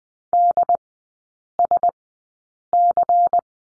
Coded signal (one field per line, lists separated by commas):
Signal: Morse code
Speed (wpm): 20 wpm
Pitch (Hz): 700 Hz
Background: none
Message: DSC